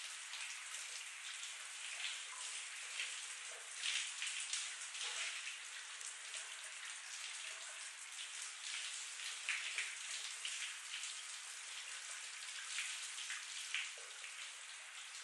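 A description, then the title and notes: A shower runs steadily somewhere down the hall, a dense, even hiss of falling water. Nothing sounds below the low-middle range, so it seems muffled and distant. Small splashes and patters rise briefly above the constant spray throughout. Someone Showering Down The Hall While You Nap | Shower Sounds For Sleeping.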